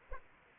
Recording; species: mosquito wingbeat signal from an infrared sensor; Aedes aegypti